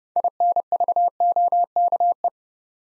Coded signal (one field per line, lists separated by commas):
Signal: Morse code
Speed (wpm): 30 wpm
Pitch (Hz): 700 Hz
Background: none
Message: INVOKE